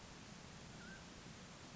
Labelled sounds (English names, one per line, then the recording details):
Mountain Quail
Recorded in Sonoma County, California